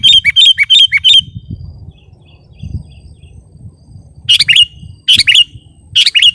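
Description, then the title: Sooty-headed bulbul opening with a rapid run of five or six sharp, chirpy notes, then, after a pause, three short, bubbly phrases, with low rumble behind. "kutilang"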